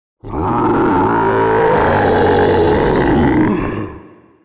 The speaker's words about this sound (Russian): Снова раздалось рокотание, уже куда более рассерженное.